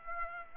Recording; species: mosquito wingbeat signal from an infrared sensor; Aedes aegypti